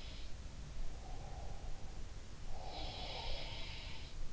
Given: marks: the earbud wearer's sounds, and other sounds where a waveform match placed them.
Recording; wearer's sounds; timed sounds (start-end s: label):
sounds in sleep by an in-ear microphone; breath
0.00-0.28 s: sound from someone else or the room
0.97-3.84 s: breath
2.49-4.05 s: sound from someone else or the room